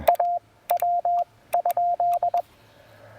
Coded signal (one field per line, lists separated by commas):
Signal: Morse code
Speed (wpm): 19 wpm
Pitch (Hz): 700 Hz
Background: radio noise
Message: AW?